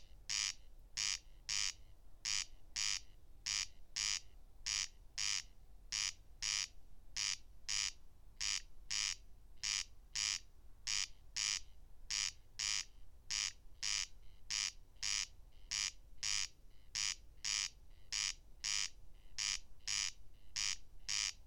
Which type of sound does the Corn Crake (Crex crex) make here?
song